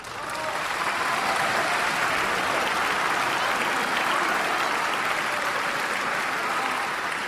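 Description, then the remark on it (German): Thunderous, sustained applause from a large theatre audience greeting Carlotta's appearance on stage, a dense steady roar of many hands clapping that holds at full strength for the whole stretch without fading. “Das einzig Besondere war, dass jeder Auftritt der Carlotta mit einem geradezu donnernden Applaus quittiert wurde, was weder für mich noch für den Großteil des Publikums verständlich war.”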